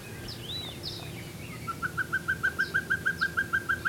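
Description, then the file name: Pacific pygmy owl starting partway through with a steady run of quick, even hooting notes; faint chirps from other birds earlier. "Glaucidium peruanum - Pacific Pygmy Owl"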